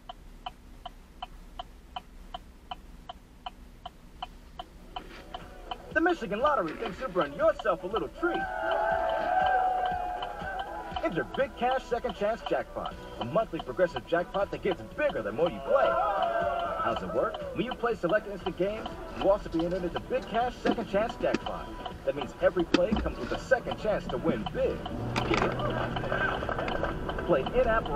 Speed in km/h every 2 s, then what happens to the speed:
0, 0, 0, 0, 0, 0, 0, 0, 0, 0, 0, 0, 0, 19.
0-24 standing. 24-28 pulls away to 19.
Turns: none.